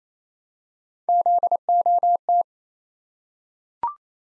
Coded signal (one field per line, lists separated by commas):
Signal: Morse code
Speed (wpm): 27 wpm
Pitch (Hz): 700 Hz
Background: none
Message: ZOT